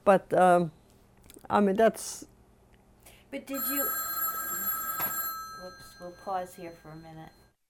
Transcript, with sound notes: But, I mean, that's...
But did you... (a telephone rings) We'll pause here for a minute.